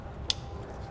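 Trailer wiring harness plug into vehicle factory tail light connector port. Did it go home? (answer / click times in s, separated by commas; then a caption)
yes / 0.3 s. The gray end of a Curt T-Connector trailer wiring harness is pushed by hand into the factory tail light connector port behind the rear panel of a 2020 Mitsubishi Eclipse Cross. Quiet handling sounds lead up to one sharp, loud click at 0.3 s. The connector is seated and locked in place.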